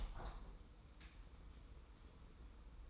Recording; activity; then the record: daily activity, microphone in the room; open window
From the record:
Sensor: 1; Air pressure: 990.3 hPa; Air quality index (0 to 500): 168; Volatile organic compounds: 1000 ppm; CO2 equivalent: 6160 ppm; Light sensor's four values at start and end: 21/46/20/21 and 21/47/20/22